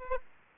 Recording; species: mosquito wingbeat signal from an infrared sensor; Aedes aegypti